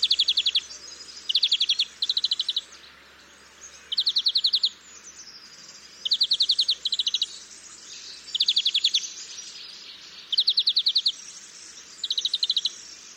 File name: Chloris chloris